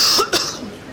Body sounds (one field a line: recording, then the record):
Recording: coughing mixed with background sound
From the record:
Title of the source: November cold (wet coughing)